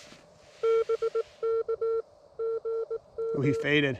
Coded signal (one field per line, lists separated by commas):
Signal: Morse code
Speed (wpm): 18 wpm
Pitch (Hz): 450 Hz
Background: speech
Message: BK GG